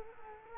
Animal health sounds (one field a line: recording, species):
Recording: mosquito wingbeat signal from an infrared sensor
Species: Culex quinquefasciatus